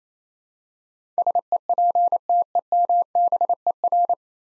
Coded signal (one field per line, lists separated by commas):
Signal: Morse code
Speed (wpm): 28 wpm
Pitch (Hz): 700 Hz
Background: none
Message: SEPTEMBER